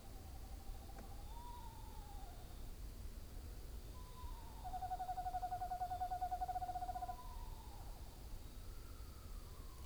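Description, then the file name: Screech owl calls: a descending whinny, then a long steady monotone trill, followed by another whinny falling in pitch, over low background hiss. Several screech owls calling together. "multiplescreechowls"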